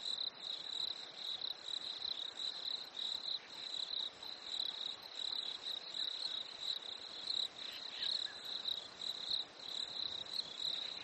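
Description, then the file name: Crickets give a high, continuous trill that pulses in short bursts. Nature ambience at a lake in winter, with crickets. "smartsound ATMO NATURE Fresh Winter Lake Crickets Birds"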